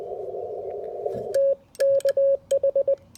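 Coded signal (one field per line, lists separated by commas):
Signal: Morse code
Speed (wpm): 20 wpm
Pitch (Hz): 550 Hz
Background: radio noise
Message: T KH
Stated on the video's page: Full POTA activation using a SOTA POTA 150 antenna.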